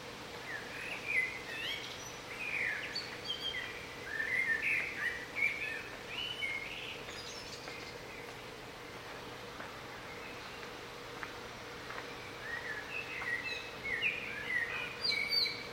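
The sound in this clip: Bird song: varied twittering and warbling phrases in two bouts with a long quiet pause between, over a constant faint low hum.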